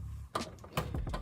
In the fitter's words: And you should hear a little click.